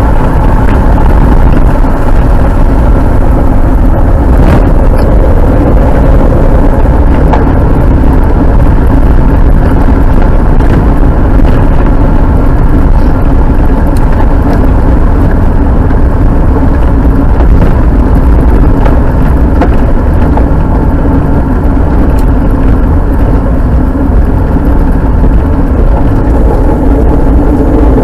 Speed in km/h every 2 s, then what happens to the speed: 54, 51, 43, 48, 45, 49, 48, 44, 42, 41, 40, 38, 37, 38.
0-4 slows to 43. 4-12 steady at about 48. 12-15 slows to 42. 15-28 steady at about 38.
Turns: 0-8.